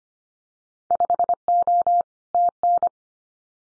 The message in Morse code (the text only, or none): 5O TN